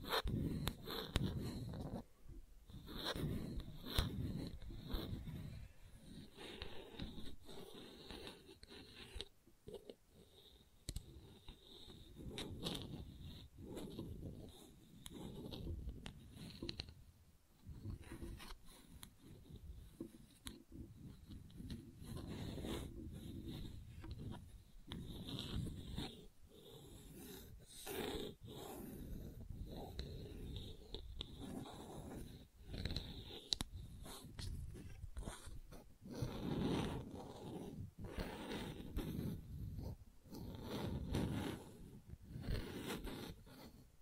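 Gentle scratching goes on without a break for the whole clip, a dense run of soft, rapid strokes and small scrapes. The sound is mostly low and muffled, with a thin bright rasp at the top of some strokes. A few louder scratches cluster near the end.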